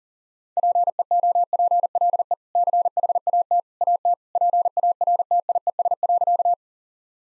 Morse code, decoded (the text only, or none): PEOPLE CHAT AT PARTIES.